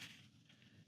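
A laser-cut wood or acrylic panel for a book nook kit is being handled and pushed toward its slot in the frame. Only quiet handling noise is heard, with two faint brief sounds near 0.5 and 0.6 seconds. Nothing has seated or clicked yet; the panel is not yet home.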